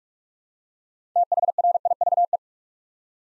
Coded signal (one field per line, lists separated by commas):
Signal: Morse code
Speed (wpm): 44 wpm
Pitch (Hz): 700 Hz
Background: none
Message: THRIVE